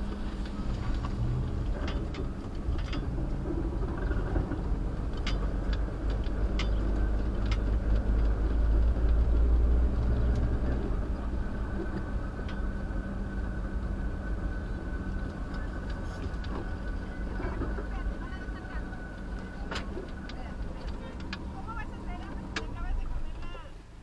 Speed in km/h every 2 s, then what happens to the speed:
6, 8, 10, 10, 11, 11, 10, 8, 6, 0, 0, 0.
0-10 steady at about 10. 10-17 slows to 0. 17-24 standing.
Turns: 0-5, 5-14.